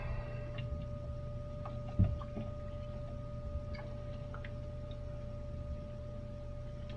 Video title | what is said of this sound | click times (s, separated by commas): HUBSAN ZINO - THEY PUT A DIFFERENT BOARD IN IT - WHAT IS IT? | to see if I hear a click or feel a click nope nothing | none